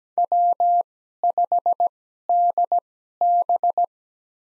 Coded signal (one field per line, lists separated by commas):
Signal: Morse code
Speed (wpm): 17 wpm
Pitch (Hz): 700 Hz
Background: none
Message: W5DB